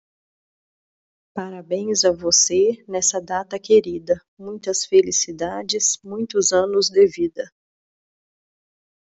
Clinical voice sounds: short text; Brazilian Portuguese; female; 40 to 49 years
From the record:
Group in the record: control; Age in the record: 41 years

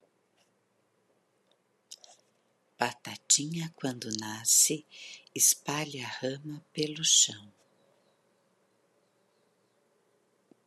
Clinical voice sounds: short text; Brazilian Portuguese; female; 50 to 59 years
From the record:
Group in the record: control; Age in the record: 54 years

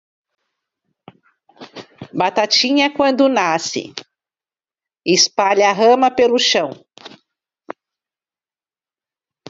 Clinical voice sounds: short text; Brazilian Portuguese; female; 50 to 59 years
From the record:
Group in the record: control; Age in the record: 55 years

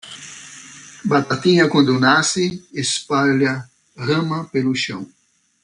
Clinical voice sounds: short text; Brazilian Portuguese; male; 50 to 59 years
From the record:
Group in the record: control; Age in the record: 58 years

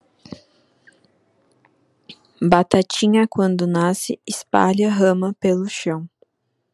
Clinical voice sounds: short text; Brazilian Portuguese; female; 20 to 29 years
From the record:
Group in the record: control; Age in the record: 25 years

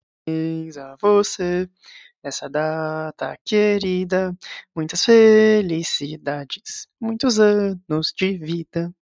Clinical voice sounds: short text; Brazilian Portuguese; male; 20 to 29 years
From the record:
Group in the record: control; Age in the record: 24 years

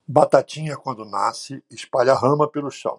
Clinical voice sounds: short text; Brazilian Portuguese; male; 60 to 69 years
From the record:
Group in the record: control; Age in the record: 66 years

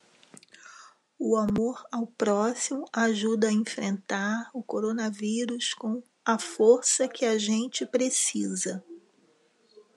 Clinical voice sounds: spoken sentence; Brazilian Portuguese; female; 50 to 59 years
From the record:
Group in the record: control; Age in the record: 50 years

